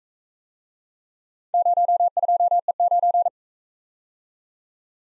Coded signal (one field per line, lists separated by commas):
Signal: Morse code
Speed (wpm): 42 wpm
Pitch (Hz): 700 Hz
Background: none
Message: 02E9